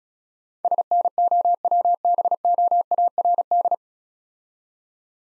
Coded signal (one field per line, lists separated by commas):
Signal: Morse code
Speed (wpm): 37 wpm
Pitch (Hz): 700 Hz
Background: none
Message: SNOWBOARD